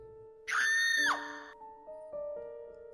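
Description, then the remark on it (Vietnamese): A woman, startled awake by something cold and slimy touching her ear, lets out a single loud, high-pitched scream lasting about half a second, its pitch dropping sharply at the end, over steady droning tones that continue after it. “Cô lập tức hét toáng lên.”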